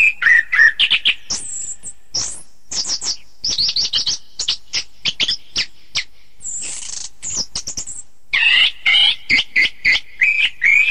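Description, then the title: Thrush singing a rapid, jumbled medley of clear whistles, trills and high squeaky notes, ending in a run of evenly spaced, bright whistled phrases. "Suara Burung Anis"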